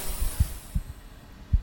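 Soft, regular low lub-dub thumps; an ordinary adult heartbeat.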